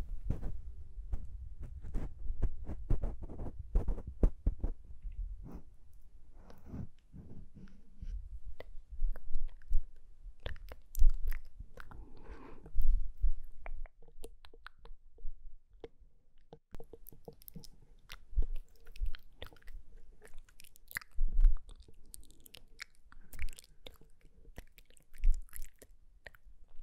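Soft mouth sounds and unintelligible whispers mix with dense tapping and brushing against skin, as if a face is being touched. Small clicks and low muffled thumps come irregularly throughout, with a brief breathy stretch around twelve seconds.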